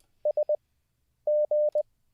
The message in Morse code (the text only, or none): SG